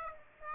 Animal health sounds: mosquito wingbeat signal from an infrared sensor; Aedes aegypti

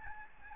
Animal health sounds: mosquito wingbeat signal from an infrared sensor; Aedes albopictus

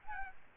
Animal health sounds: mosquito wingbeat signal from an infrared sensor; Aedes albopictus

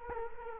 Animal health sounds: mosquito wingbeat signal from an infrared sensor; Culex quinquefasciatus

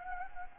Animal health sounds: mosquito wingbeat signal from an infrared sensor; Anopheles gambiae

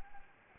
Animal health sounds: mosquito wingbeat signal from an infrared sensor; Anopheles gambiae

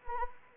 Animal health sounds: mosquito wingbeat signal from an infrared sensor; Anopheles arabiensis

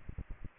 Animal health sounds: mosquito wingbeat signal from an infrared sensor; Aedes aegypti

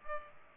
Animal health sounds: mosquito wingbeat signal from an infrared sensor; Culex pipiens

